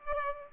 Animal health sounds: mosquito wingbeat signal from an infrared sensor; Aedes aegypti

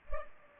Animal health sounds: mosquito wingbeat signal from an infrared sensor; Culex pipiens

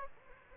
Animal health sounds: mosquito wingbeat signal from an infrared sensor; Aedes aegypti

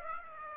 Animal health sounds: mosquito wingbeat signal from an infrared sensor; Aedes aegypti

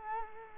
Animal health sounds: mosquito wingbeat signal from an infrared sensor; Culex quinquefasciatus

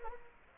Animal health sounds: mosquito wingbeat signal from an infrared sensor; Anopheles arabiensis

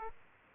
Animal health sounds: mosquito wingbeat signal from an infrared sensor; Aedes aegypti

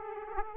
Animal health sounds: mosquito wingbeat signal from an infrared sensor; Aedes aegypti

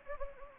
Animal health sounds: mosquito wingbeat signal from an infrared sensor; Anopheles gambiae

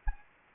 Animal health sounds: mosquito wingbeat signal from an infrared sensor; Anopheles arabiensis

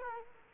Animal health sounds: mosquito wingbeat signal from an infrared sensor; Aedes aegypti

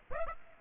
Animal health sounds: mosquito wingbeat signal from an infrared sensor; Aedes aegypti

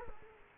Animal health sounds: mosquito wingbeat signal from an infrared sensor; Culex quinquefasciatus

